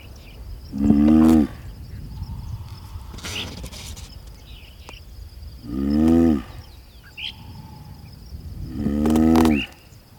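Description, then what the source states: Galápagos giant tortoise mating groans, three deep droning calls spaced several seconds apart, with faint small bird chirps in between. Pair mating under the shade of a Scalesia tree in the centre of the Alcedo volcano caldera, Isabela island.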